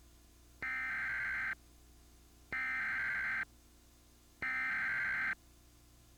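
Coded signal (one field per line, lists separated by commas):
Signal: Emergency Alert System (SAME) tones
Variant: header bursts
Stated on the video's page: Aired on a PBS television station.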